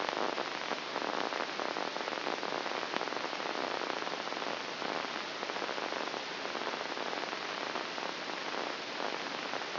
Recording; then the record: brain microelectrode recording played as sound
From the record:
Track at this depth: inside the subthalamic nucleus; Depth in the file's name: 4.51 mm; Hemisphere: left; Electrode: 2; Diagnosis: Parkinson's disease